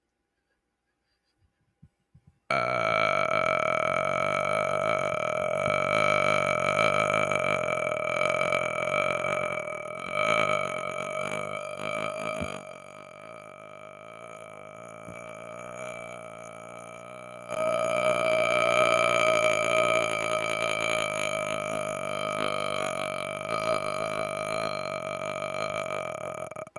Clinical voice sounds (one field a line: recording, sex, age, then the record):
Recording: vowel held as long as possible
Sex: male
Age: 30 to 39 years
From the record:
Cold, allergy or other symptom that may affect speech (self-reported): no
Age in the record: 37 years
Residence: New York, United States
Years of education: 18